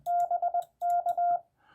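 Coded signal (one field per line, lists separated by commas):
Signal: Morse code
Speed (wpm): 20 wpm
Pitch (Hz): 700 Hz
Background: radio noise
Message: BK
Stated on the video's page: CW contacts, ragchews and POTA operating.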